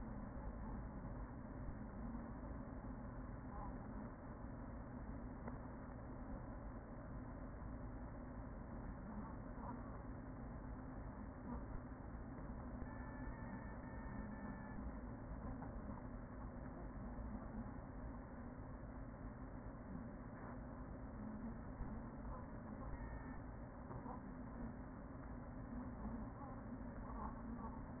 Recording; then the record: honeybee colony, microphone inside the hive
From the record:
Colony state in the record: queen present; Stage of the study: after two queens were removed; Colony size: about 40,000 bees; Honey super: no